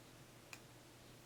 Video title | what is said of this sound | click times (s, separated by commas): HOW TO: Put In & Take Out A Septum Clicker. | like that until you hear a little click now sometimes you can hear a click sometimes you can't | 0.5 s